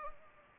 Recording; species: mosquito wingbeat signal from an infrared sensor; Anopheles gambiae